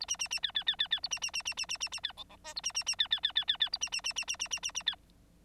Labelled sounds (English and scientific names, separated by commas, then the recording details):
Bengalese Finch (Lonchura striata domestica) song
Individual Bird9